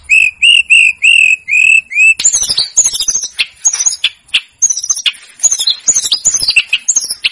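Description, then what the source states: Snowy-browed flycatcher song opening with about six evenly repeated clear whistled notes, then breaking into a fast, jumbled high chatter. Masteran recording for training cage birds; local names tledekan gunung and sikatan gunung.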